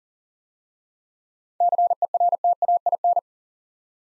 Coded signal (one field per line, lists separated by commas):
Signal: Morse code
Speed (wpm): 40 wpm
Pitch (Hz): 700 Hz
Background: none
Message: CERTAIN